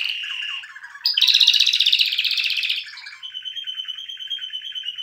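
Canary song with a steady trill, a sudden loud burst of rapid chattering notes, then a softer even trill repeated quickly to the end.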